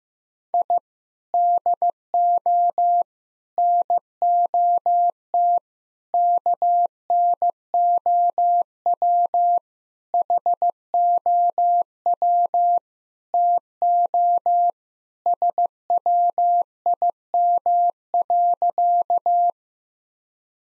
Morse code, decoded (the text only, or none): I DO NOT KNOW HOW TO SWIM.